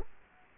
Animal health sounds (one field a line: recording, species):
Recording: mosquito wingbeat signal from an infrared sensor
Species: Culex quinquefasciatus